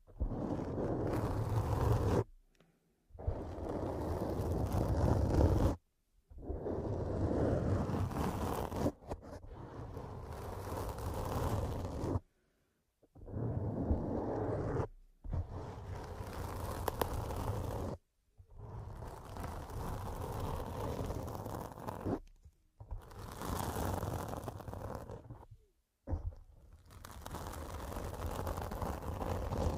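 Repeated scratching in long, dense bursts of rough, scraping noise, each lasting about two to three seconds, separated by brief silent gaps. The strokes are full, spanning low rumble to bright hiss, with a steady, regular rhythm throughout.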